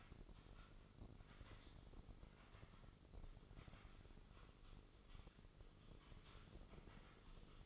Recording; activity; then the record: daily activity, microphone in the room; typing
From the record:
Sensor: 4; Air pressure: 996.0 hPa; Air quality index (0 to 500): 64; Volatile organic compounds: 2 ppm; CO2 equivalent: 1142 ppm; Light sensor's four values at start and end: 14/38/14/14 and 14/38/14/14